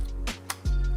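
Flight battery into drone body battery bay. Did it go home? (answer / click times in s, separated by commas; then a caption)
yes / 0.5 s. A flight battery is pushed into the rear battery compartment of a DJI Mini 2 drone until it latches. A single short, sharp click at 0.5 s marks it seating into the bay, over a steady low tonal hum.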